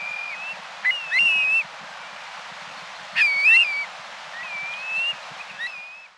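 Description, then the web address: Black-bellied plover calls: mournful slurred whistles, repeated several times, with a few softer whistled notes in between. "Peterson North American Birds"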